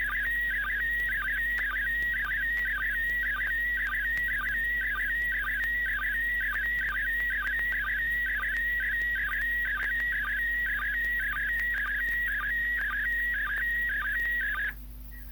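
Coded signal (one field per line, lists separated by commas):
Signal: SSTV (slow-scan television)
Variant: PD120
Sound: steady warbling whistle near 2 kHz with rhythmic chirping dips about twice a second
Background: radio hiss, low hum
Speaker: And this SSTV is decoding those beeps into the picture image.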